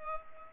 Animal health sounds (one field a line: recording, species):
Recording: mosquito wingbeat signal from an infrared sensor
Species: Culex pipiens